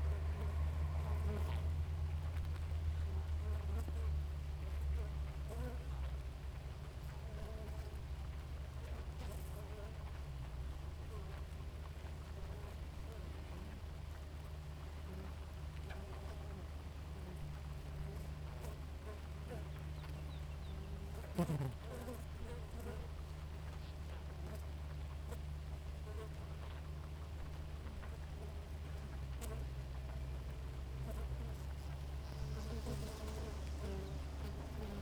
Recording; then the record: honeybee colony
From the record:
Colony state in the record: active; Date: 28 July 2017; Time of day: 4:45